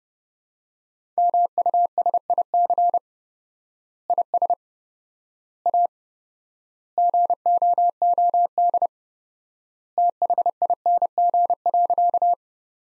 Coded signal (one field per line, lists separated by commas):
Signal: Morse code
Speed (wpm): 32 wpm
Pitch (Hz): 700 Hz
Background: none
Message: MUSIC IS A GOOD THING.